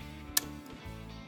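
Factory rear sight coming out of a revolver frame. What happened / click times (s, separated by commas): A small metal part snapped loose / 0.4 s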